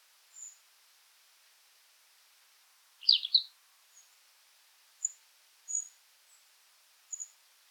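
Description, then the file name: European robin giving thin, high calls scattered throughout, with one louder, lower burst of notes near the middle; otherwise quiet. "Erithacus rubecula"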